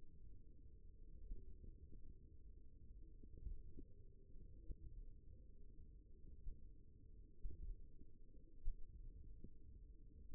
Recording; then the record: forearm muscle sounds (acoustic myography)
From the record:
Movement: finger pinch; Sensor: system 1, eight BSWA MPA416 microphones around the upper forearm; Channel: 3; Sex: male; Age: 54 years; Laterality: right